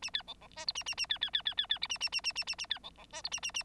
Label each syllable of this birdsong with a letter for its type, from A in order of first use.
A B C C D E A A A B B B B B B A A A A A A A B C C D E A A A